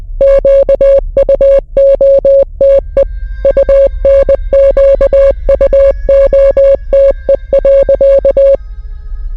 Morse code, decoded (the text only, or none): QUOTE UNQUOTE.